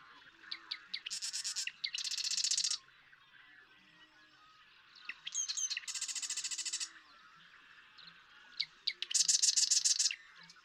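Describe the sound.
Marsh Wren singing three songs, each a run of sharp ticks building into a dense, buzzy rattle, with pauses between.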